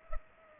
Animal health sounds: mosquito wingbeat signal from an infrared sensor; Culex pipiens

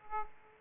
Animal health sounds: mosquito wingbeat signal from an infrared sensor; Aedes aegypti

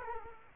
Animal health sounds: mosquito wingbeat signal from an infrared sensor; Culex quinquefasciatus

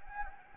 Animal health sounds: mosquito wingbeat signal from an infrared sensor; Anopheles gambiae

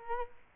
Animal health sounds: mosquito wingbeat signal from an infrared sensor; Culex quinquefasciatus

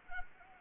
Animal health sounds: mosquito wingbeat signal from an infrared sensor; Anopheles arabiensis

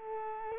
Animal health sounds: mosquito wingbeat signal from an infrared sensor; Culex quinquefasciatus

